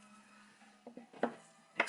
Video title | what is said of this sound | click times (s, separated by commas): Avid Juicy 5 Lever Rebuild | just use the flat end just to push it in the little groove you can hear a little click when you do it | 1.8 s